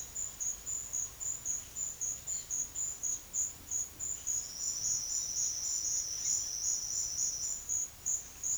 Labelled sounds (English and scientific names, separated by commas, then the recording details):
none
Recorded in secondary vegetation near Puerto Asís, Putumayo, Colombia, on 25 June 2025 at 11:30
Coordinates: 0.500, -76.326
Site GP08